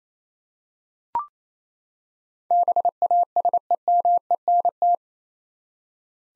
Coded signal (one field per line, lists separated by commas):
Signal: Morse code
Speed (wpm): 28 wpm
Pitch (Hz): 700 Hz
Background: none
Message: BASEMENT